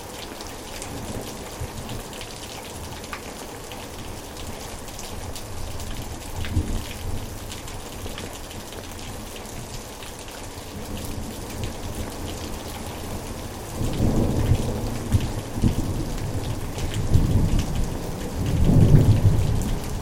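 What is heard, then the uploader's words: Rain falls steadily in a backyard, a dense, even hiss of drops spread across the whole 20 seconds. Low rumbles of thunder roll in, faint around seven seconds, then swelling louder from about fourteen seconds and again near nineteen. Thunder to heavy rain - backyard recording. Recorded by Anton Pickard.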